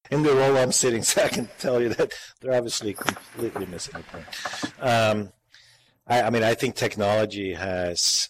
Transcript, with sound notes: In the role I’m sitting in (laughs) I can tell you, they’re obviously completely missing the point. I mean I think technology has,